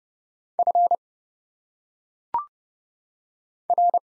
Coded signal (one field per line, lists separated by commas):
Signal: Morse code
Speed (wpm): 31 wpm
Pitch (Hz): 700 Hz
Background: none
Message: F R